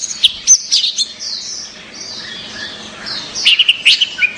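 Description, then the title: Orange-headed thrush song: bright warbled notes opening and closing, separated by a quieter stretch of high rambling twitter. "Anis Merah"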